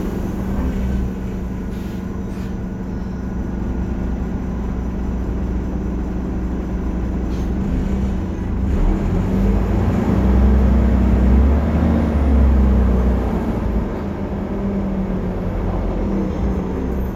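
A bus interior in motion, with a steady deep engine drone and a low hum that swells around the middle and eases off toward the end. Faint clicks and rattles surface now and then, and the ride noise stays dense and unbroken throughout.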